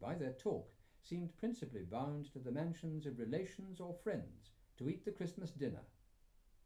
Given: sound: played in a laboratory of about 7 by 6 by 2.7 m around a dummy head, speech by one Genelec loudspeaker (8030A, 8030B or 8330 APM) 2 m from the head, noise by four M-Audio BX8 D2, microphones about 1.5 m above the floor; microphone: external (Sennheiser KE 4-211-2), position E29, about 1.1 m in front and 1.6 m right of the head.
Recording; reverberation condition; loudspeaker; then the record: male speech in English; low; 30 degrees to the right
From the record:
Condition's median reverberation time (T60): about 310 ms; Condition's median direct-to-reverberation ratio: about 3.5 dB